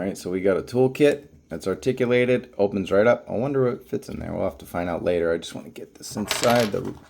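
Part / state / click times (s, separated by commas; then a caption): plastic cargo basket into toy vehicle mount / not seated / none. Someone talks while handling a plastic cargo basket that is being brought to its mount on an action-figure vehicle, with only faint plastic handling noises under the voice. The clip ends before the basket goes in, so nothing has seated or clicked yet.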